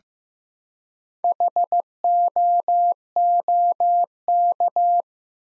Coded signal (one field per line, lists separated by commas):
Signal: Morse code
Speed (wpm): 15 wpm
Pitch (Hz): 700 Hz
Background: none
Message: HOOK